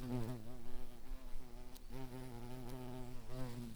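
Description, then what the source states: Garden bumblebee buzz, a low steady drone that breaks off and restarts several times. Queens.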